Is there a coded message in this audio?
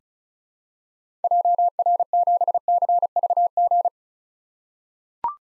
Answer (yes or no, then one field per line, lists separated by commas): yes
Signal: Morse code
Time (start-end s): 1.2-3.9 s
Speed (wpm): 34 wpm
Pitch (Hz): 700 Hz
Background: none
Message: JR7CVG